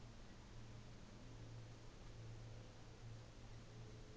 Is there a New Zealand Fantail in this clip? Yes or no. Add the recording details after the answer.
no. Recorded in New Zealand on 24 December 2018. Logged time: 14:00